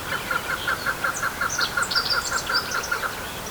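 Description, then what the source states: Chukar partridge uttering a rapid run of chuck notes, mixed with thin chirps from other birds. Symbol bird of the self-administered region of Rojava, often shown on posters and stamps there.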